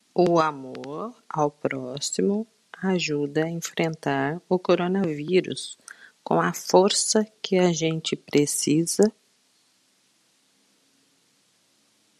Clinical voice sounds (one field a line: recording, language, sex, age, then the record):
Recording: spoken sentence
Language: Brazilian Portuguese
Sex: female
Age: 50 to 59 years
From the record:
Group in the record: control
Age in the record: 55 years